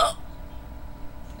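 A single sharp, abrupt hiccup at the start from an adult late at night, followed by quiet low background hum.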